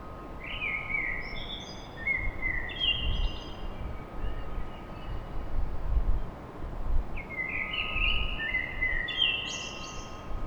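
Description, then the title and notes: Common blackbird delivering two phrases of flute-like whistles, over a low rumble and a steady hum. Recorded at dawn in Paris. "Blackbird Poetry At Paris. Enregistrement d'un chant de merle à l'aube dans Paris"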